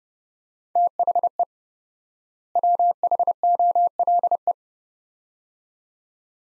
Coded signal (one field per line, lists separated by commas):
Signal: Morse code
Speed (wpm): 30 wpm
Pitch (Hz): 700 Hz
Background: none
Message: THE WHOLE